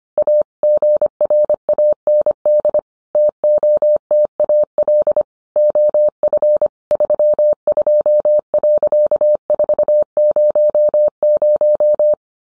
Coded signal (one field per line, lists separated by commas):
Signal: Morse code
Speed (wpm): 25 wpm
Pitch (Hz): 600 Hz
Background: none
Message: A GRAND TOTAL OF 32.400